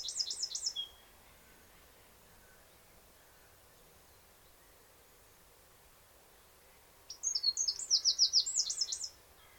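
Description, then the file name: Eurasian wren song in two short bursts of high, quick trilling notes, one at the start and one near the end, with a long quiet gap between them. "Troglodytes troglodytes"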